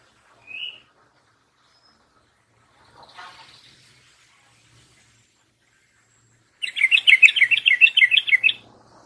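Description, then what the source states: Yellow-vented Bulbul song: after a short chirp and a faint rustle, a lively burst of rapid, warbling notes rings out for about two seconds. Masteran of the tembakan song style, used to train birds; notes call it champion trucuk song.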